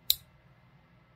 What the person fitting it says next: that's what you hear when you hear the snap and the knife is locked